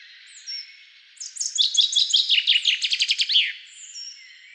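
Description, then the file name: Common chaffinch song, one complete phrase: an accelerating series of sharp repeated notes sliding downward, finished with an emphatic terminal flourish, faint thin calls around it. "Fringilla coelebs"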